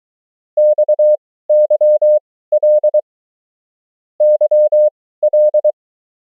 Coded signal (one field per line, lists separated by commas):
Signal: Morse code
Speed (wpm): 23 wpm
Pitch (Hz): 600 Hz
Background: none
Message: XYL YL